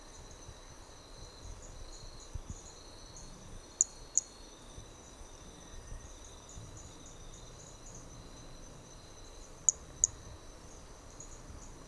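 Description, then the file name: Hermogenes' flea-toad: brachycephalus hermogenesi toadlet repeating paired high-pitched clicks twice, about six seconds apart, with shrill insects droning throughout. Individual number 4 recorded on Trilha do Ipiranga; the first four notes of the call were lost. "MHNCI Brachy hermogenesi Trilha do Ipiranga ind 4 four starting notes lost"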